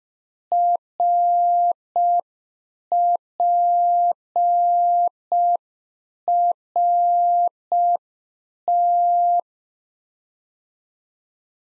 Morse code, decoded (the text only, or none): RPRT